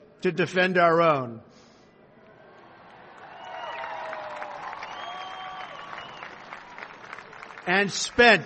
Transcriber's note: applause